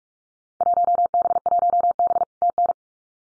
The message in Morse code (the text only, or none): 1B1B TN